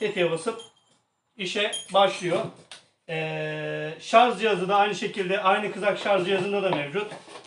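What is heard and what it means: Someone talks while handling the battery pack of an Oleo-Mac GSi 30 cordless saw, which slides along the charger's rails. A steady tonal sound is heard from about 3.1 to 4.0 s between stretches of talk. Nothing has seated or clicked yet.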